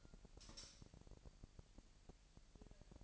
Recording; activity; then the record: daily activity, microphone in the room; light off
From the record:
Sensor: 5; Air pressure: 1002.0 hPa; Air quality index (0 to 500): 226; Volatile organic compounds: 29 ppm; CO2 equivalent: 2946 ppm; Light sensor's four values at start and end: 15/37/15/16 and 15/35/14/16